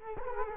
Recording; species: mosquito wingbeat signal from an infrared sensor; Culex quinquefasciatus